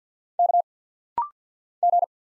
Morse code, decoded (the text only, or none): K G